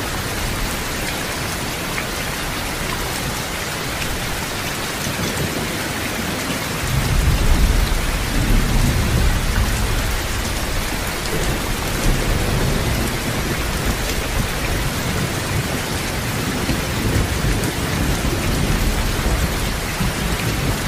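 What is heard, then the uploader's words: Torrential rain pours down in a dense, unbroken hiss with crisp drops pattering throughout. Around seven seconds a deep roll of thunder swells in and rumbles on for several seconds, fading slowly into the rain's steady wash. Torrential Rain in Forest and Loud Thunder Sounds At Night.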